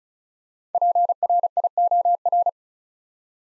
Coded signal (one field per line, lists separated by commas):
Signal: Morse code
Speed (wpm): 34 wpm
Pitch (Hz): 700 Hz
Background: none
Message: PRIOR